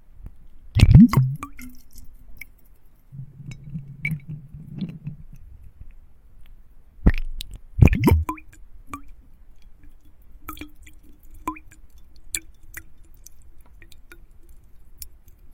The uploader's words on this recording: The soul senses of ice cubes and water, ear picking experience.